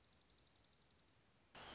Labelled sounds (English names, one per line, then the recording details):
Dark-eyed Junco
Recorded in Sonoma County, California